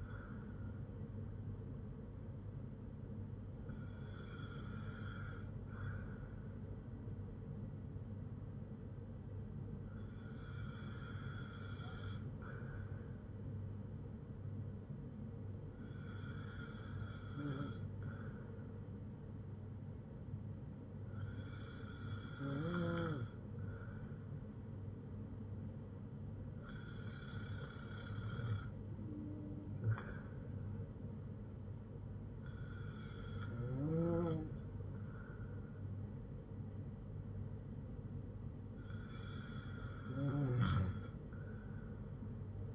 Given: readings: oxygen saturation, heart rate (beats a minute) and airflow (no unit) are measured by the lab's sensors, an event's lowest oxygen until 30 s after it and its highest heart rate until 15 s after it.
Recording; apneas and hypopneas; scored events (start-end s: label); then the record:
breathing in sleep by a smartphone at the bedside; none
none scored
From the record:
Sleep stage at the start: N2 (light sleep); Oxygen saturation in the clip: 94 to 95%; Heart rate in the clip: 55 to 63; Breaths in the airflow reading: 8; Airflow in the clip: -4.2 to 4.8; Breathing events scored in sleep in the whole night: 182 in 7.4 hours asleep